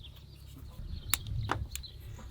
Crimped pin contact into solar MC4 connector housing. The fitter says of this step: this end of the MC4 connector in and until you hear a click,